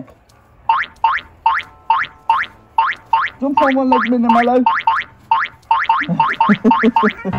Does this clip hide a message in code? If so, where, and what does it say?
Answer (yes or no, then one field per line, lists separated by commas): no